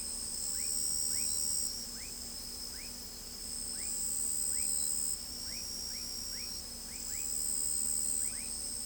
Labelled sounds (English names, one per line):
none